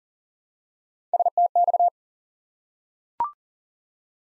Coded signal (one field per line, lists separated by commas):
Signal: Morse code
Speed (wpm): 42 wpm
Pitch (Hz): 700 Hz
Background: none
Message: STX